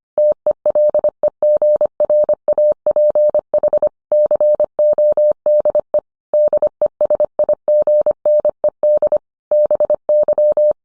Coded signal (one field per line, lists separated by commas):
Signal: Morse code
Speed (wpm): 25 wpm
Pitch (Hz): 600 Hz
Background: none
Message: TELEGRAPH CODE DESIGNED BY